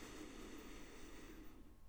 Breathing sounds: one breath near a microphone; inhalation

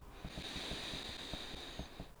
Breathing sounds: one breath near a microphone; inhalation

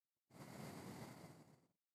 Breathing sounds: one breath near a microphone; exhalation

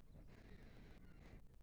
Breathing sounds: one breath near a microphone; inhalation

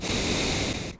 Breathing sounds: one breath near a microphone; exhalation

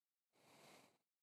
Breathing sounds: one breath near a microphone; exhalation

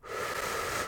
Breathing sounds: one breath near a microphone; inhalation

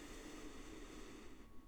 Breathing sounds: one breath near a microphone; inhalation

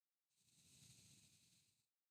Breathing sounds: one breath near a microphone; exhalation

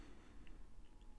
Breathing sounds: one breath near a microphone; inhalation

